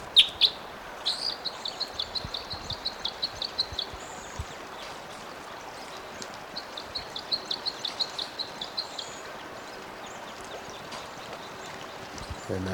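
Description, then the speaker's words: Red Crossbill flight calls: short, sharp high chips given in quick uneven bursts over background noise. Type 5 bird coming in, giving a flight call. "The Type 5 coming in, it just gave a flight call."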